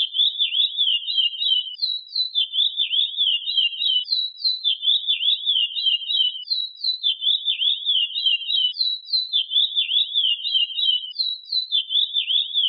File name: canto do curio